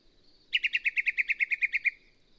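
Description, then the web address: Yellow-breasted Chat delivering a rapid series of many clipped, evenly spaced chattering notes. "birdsongforthecurious songs Yellow-breasted Chat"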